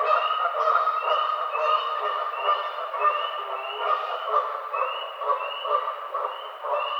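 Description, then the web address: Canada goose calls, steady overlapping nasal honks forming a busy chorus, with brief upward-sliding notes recurring roughly every half to one second throughout. Recorded on 18 April 2009. "Canada Goose 2009 04 18"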